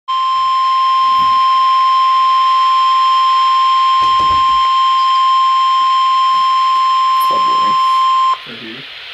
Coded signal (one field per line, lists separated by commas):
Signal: Emergency Alert System (SAME) tones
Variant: 1050 Hz attention tone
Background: speech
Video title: Flood Warning [EAS #149] 10-29-12 (Hurricane Sandy)